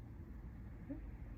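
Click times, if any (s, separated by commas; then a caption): none. An ink cartridge or converter is pushed into the section of a new retractable fountain pen during filling, with a steady low background rumble and a brief faint tone near 0.9 seconds. Nothing has seated or clicked yet.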